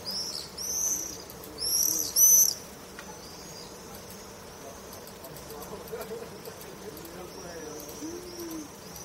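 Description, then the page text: Swifts give a few short, shrill, buzzy screams in the first seconds. Only a faint, high screaming is left afterwards. "Стрижи - Пение стрижей"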